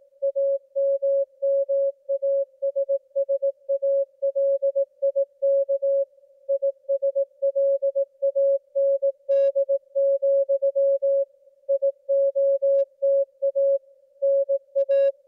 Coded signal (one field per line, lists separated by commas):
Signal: Morse code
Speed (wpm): 18 wpm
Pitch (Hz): 550 Hz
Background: music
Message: AMMASSALIK ISLAND, IOTA NA